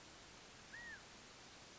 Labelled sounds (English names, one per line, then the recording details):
California Quail
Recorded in Sonoma County, California